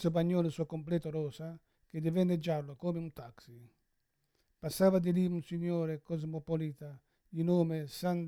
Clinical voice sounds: read passage; Italian; male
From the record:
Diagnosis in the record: Parkinson's disease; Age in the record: 71 years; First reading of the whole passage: 60 s, 8.7 characters per second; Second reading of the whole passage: 57 s, 9.1 characters per second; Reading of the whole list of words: 54 s, 5.3 characters per second

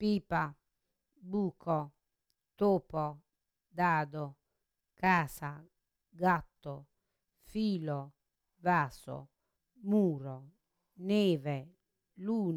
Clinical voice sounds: read list of words; Italian; female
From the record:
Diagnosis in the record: Parkinson's disease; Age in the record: 63 years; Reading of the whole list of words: 61 s, 4.6 characters per second

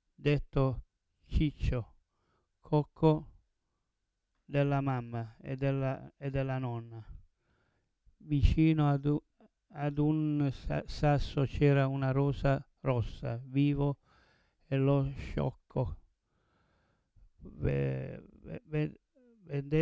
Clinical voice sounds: read passage; Italian; male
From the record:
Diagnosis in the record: Parkinson's disease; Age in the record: 70 years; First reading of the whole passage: 112 s, 4.6 characters per second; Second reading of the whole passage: 107 s, 4.9 characters per second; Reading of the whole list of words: 68 s, 4.1 characters per second

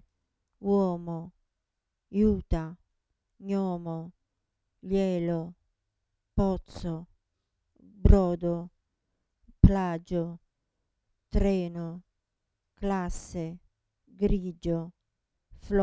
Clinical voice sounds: read list of words; Italian; female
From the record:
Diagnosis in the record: Parkinson's disease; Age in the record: 67 years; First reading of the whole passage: 79 s, 6.5 characters per second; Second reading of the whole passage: 74 s, 7.0 characters per second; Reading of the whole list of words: 72 s, 3.9 characters per second

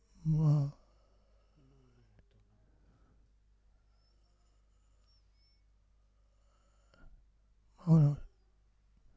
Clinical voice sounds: read list of words; Italian; male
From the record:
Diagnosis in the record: Parkinson's disease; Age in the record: 65 years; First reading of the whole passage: 164 s, 3.2 characters per second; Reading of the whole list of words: 151 s, 1.9 characters per second

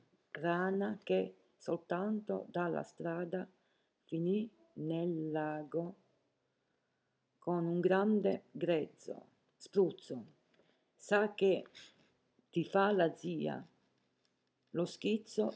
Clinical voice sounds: read passage; Italian; female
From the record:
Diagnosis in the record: healthy control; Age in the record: 70 years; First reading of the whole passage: 149 s, 3.0 characters per second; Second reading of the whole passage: 105 s, 4.4 characters per second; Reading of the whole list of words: 65 s, 4.0 characters per second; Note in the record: marked for poor recording quality or reading difficulty

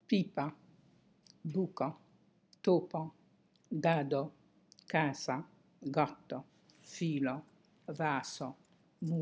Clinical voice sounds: read list of words; Italian; female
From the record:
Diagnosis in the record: healthy control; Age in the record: 68 years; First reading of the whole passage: 56 s, 9.3 characters per second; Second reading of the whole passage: 53 s, 9.8 characters per second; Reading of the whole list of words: 52 s, 5.4 characters per second

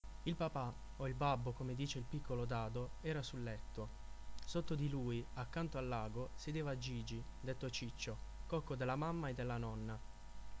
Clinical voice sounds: read passage; Italian; male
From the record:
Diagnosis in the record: healthy control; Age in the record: 24 years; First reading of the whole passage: 44 s, 11.7 characters per second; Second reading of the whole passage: 43 s, 11.9 characters per second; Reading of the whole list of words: 49 s, 5.7 characters per second

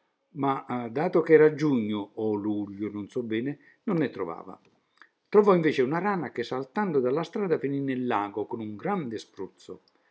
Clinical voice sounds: read passage; Italian; male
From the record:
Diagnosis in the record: healthy control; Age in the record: 76 years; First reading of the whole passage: 56 s, 9.2 characters per second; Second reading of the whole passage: 53 s, 9.7 characters per second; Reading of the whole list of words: 49 s, 5.7 characters per second

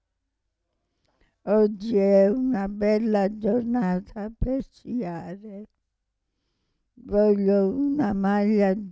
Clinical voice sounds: read phrases; Italian; female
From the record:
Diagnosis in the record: Parkinson's disease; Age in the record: 65 years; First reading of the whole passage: 242 s, 2.1 characters per second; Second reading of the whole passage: 180 s, 2.9 characters per second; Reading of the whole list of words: 168 s, 1.7 characters per second

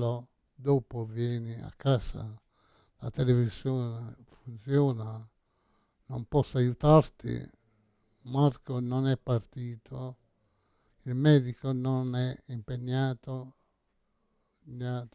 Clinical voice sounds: read phrases; Italian; male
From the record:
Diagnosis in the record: Parkinson's disease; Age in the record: 68 years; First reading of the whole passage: 85 s, 6.1 characters per second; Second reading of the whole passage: 63 s, 8.2 characters per second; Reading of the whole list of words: 49 s, 5.8 characters per second

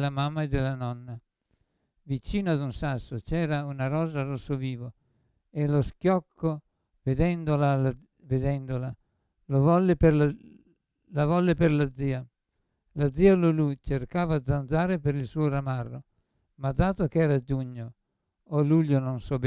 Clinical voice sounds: read passage; Italian; male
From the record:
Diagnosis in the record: Parkinson's disease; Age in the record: 75 years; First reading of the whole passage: 62 s, 8.3 characters per second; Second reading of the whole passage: 57 s, 9.2 characters per second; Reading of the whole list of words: 53 s, 5.3 characters per second

